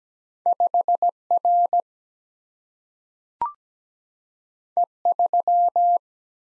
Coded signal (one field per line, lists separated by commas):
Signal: Morse code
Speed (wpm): 17 wpm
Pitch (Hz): 700 Hz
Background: none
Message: 5 R E 3